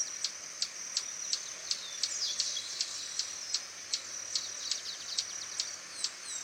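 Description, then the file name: Swallow-tailed hummingbird calling with rapid high chips, broken by a quick burst of sweeping squeaky notes, over a constant shrill hum. "Canto do beija flor tesoura"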